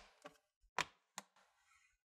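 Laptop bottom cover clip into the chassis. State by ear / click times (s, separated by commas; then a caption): seated / 1.2 s. The plastic bottom cover of an ASUS Transformer Book Flip TP501U laptop is pinched from the hinge side and pressed down into the chassis during refitting. Short knocking taps sound at about 0.3 s and 0.8 s, then a sharp click at 1.2 s as its clips snap into the chassis. The cover is seated.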